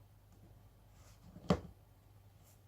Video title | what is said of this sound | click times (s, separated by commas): Unboxing and Review : Oomph Portable Coffee Maker - Is it good? | so we lock that click | 1.5 s